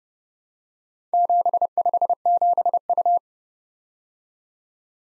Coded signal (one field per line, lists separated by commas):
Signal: Morse code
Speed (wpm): 29 wpm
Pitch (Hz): 700 Hz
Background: none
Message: 757U